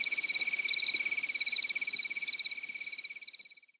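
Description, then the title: Cricket trilling high and pulsed in rhythmic bursts, fading away over the last second. "AnimalCricket"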